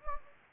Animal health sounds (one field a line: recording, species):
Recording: mosquito wingbeat signal from an infrared sensor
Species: Anopheles gambiae